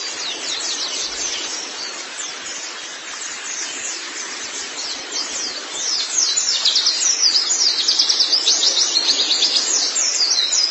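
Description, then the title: White-eye song, a thin high chatter that swells after six seconds into a dense, rapid string of sweeping chirps. "Kicauan Burung Pleci"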